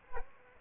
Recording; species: mosquito wingbeat signal from an infrared sensor; Aedes aegypti